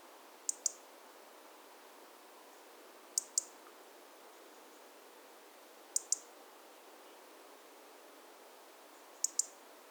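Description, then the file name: European robin calling with sharp high ticks, each burst a quick double click, repeated about every three seconds over a hushed background. "Erithacus rubecula"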